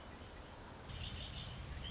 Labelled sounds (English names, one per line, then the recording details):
Red-winged Blackbird
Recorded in Sonoma County, California